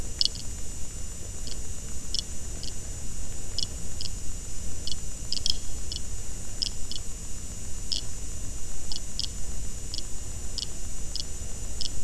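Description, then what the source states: Risso's dolphin clicks, slowed down, heard as many short pulses repeated at uneven intervals over steady background hum and low noise. Slowed down eight times.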